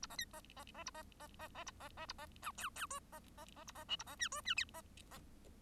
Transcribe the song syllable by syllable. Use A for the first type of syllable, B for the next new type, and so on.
A B C B B B A B B B B A B B A B D E E F B B B A B G A B H F H I B B